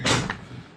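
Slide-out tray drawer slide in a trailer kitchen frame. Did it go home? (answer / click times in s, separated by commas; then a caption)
yes / 0.3 s. The metal drawer slide of a kitchen slide-out tray in an M1101 trailer frame build is pulled out its last bit of extra travel to full extension so the back corner can be reached without stretching. A broad sliding rush is followed by a sharp click at 0.3 s, then a fading tail. The slide locks open at full extension.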